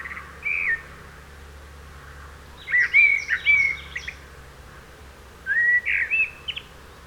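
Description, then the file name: Common blackbird song of a few mellow whistled phrases, with high thin twittering notes in the middle. "Turdus merula"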